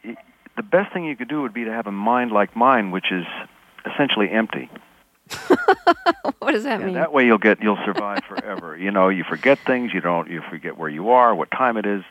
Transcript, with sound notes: He says, the best thing you could do would be to have a mind like mine, which is essentially empty.
(Laughter) What does that mean?
Yeah. That way, you'll get - you'll survive forever. You know, you forget things, you don't - you forget where you are, what time it is.